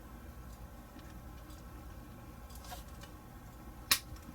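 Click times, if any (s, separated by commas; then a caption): 3.9 s. A plastic part that fits only one way is pressed by hand into its mount on a 1:8 scale 1961 Jaguar XK-E model car from Agora Models. After a quiet stretch with faint soft ticks, a single sharp, loud snap lands at 3.9 s as the part seats in place.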